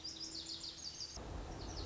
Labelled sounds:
Lazuli Bunting (Passerina amoena)
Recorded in Sonoma County, California

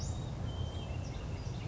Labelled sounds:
Western Flycatcher (Empidonax difficilis)
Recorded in Sonoma County, California

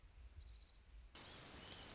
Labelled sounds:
Orange-crowned Warbler (Leiothlypis celata)
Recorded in Sonoma County, California

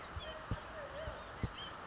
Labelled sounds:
Blue-gray Gnatcatcher (Polioptila caerulea)
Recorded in Sonoma County, California

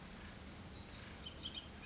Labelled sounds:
Bullock's Oriole (Icterus bullockii)
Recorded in Sonoma County, California

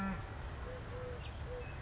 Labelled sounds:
Eurasian Collared Dove (Streptopelia decaocto)
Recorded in Sonoma County, California

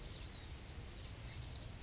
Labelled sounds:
California Towhee (Melozone crissalis)
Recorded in Sonoma County, California

